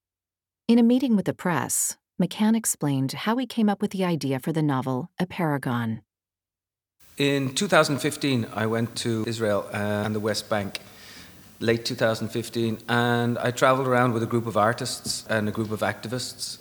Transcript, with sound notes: In a meeting with the press, McCann explained how he came up with the idea for the novel Apeirogon.
(Irish accent) In 2015 I went to Israel and the West Bank, late 2015. And I travelled round with a group of artists and a group of activists.